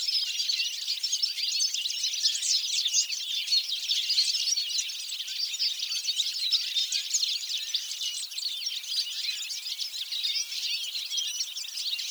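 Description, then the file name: European goldfinch calling, dense continuous high-pitched twittering and chirping, fairly even in loudness throughout. "Carduelis carduelis"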